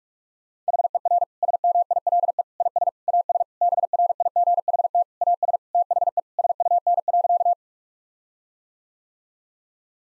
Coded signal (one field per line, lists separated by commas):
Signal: Morse code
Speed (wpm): 42 wpm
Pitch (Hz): 700 Hz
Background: none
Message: HER SMILE IS AS BRIGHT AS THE SUN.